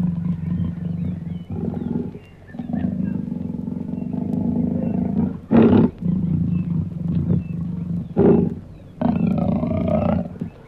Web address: leopards